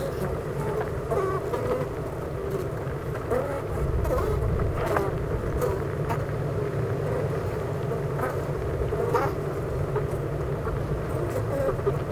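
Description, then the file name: Honey bee hive buzzing, a thick continuous hum with occasional light taps over the drone. Buzzing of a honey bee hive at Clara Vale, Gateshead, United Kingdom. "Honey Bee Hive-Clara Vale,Gateshead,UK"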